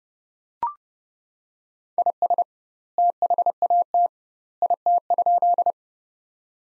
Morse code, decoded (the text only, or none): IS THAT IT?